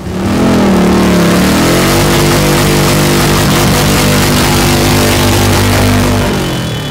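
A motorcycle engine revs loudly, its pitch climbing in the first second and then holding a steady, throaty drone until it eases off at the end. No one speaks.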